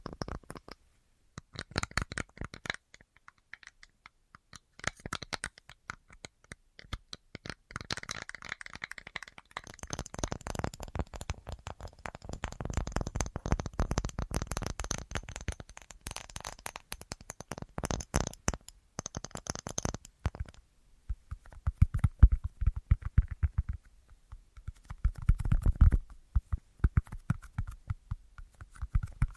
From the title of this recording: Tapping Assortment